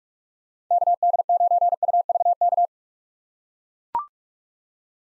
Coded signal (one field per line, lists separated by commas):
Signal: Morse code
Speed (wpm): 44 wpm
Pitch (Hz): 700 Hz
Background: none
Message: KD9UVK